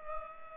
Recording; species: mosquito wingbeat signal from an infrared sensor; Culex pipiens